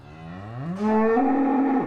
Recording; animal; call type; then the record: contact call of a hoofed animal; cattle; low-frequency (closed-mouth) or high-frequency (open-mouth) call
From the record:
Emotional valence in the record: negative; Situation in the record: full separation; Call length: 1.87 s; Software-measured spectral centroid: 870 Hz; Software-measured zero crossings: 890 a second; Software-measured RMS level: -23 dBFS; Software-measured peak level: -9 dBFS